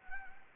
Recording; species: mosquito wingbeat signal from an infrared sensor; Anopheles gambiae